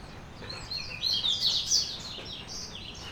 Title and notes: Pássaros cantando ao redor e pessoas passando na rua, andando e conversando Local: Casa, Ladeira do Orobó DATA: 09/06/2017 HORA: 6h20 CAPTADO POR: Hanna Vasconcelos Mapa Sonoro de Cachoeira